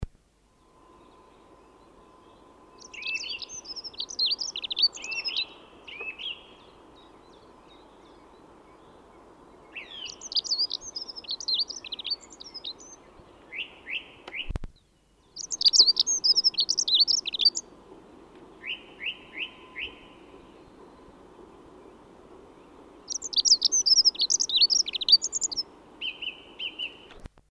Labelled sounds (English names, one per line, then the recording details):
Dunnock song
Common Chiffchaff
Song Thrush
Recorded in the wild
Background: Phylloscopus collybita, Turdus philomelos
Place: Garmisch-Partenkirchen, Bayern, DE
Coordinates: 47.5164, 11.0811
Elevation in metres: 877
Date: 1971-04-13
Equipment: Nagra IV, Sennheiser MKH 405
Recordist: Tretzel, Erwin
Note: Pflegerhöhe, Garmisch-Partenkirchen: Gesang